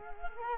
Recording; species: mosquito wingbeat signal from an infrared sensor; Culex quinquefasciatus